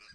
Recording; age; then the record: pig call; piglet (1 to 25 days)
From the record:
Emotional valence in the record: positive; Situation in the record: reunion after long isolation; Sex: female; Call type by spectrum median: high-frequency call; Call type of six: low-frequency tonal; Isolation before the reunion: 8 minutes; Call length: 0.15 s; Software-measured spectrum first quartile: 1739 Hz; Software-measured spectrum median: 3028 Hz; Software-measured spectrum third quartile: 4976 Hz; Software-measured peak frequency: 4861 Hz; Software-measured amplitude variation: 104 dB a second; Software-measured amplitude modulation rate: 13.4 a second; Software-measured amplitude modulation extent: 7.8 dB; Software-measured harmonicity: 4.2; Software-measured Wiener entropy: -2.00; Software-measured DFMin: 1345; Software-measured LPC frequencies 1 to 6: 1560, 2472, 4114, 4861, 6210, 8022 Hz